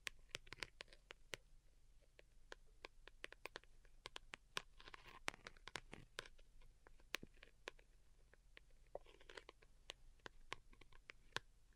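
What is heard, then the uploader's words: Delicate tapping plays out as a stream of quick, crisp clicks, irregular in pace, sometimes clustering into brief flurries and sometimes spaced apart. Soft scratchy rustles swell underneath around five to six seconds and again near nine seconds, over a faint low hum. ASMR DELICATE Tapping for Sleep (No Talking).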